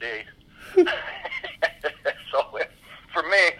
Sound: laughter